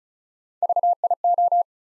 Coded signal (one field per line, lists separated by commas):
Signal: Morse code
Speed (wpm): 36 wpm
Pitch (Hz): 700 Hz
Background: none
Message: VIO